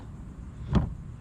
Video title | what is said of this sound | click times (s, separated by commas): DIY paddle brackets. | clicked right in there | 0.8 s